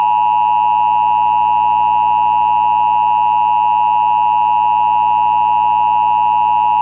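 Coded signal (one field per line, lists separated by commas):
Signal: Emergency Alert System (SAME) tones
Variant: 853 and 960 Hz attention tone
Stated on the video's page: Mock EAS alert, imagined rather than real.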